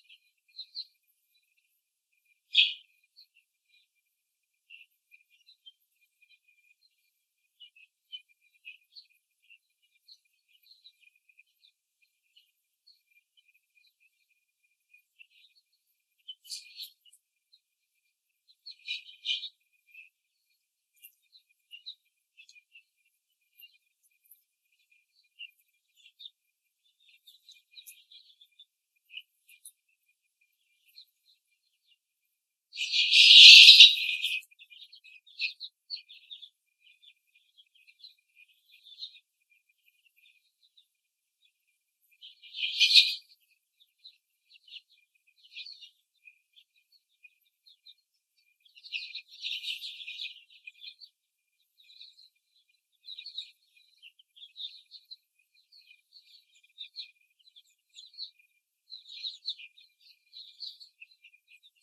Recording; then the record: young laying hens in a cage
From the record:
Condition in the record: before the stressor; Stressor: simulated dog barking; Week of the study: 3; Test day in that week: 2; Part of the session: 4